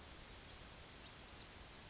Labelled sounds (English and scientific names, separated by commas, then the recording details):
Yellowhammer (Emberiza citrinella) song
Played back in grassland
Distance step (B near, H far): E
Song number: 018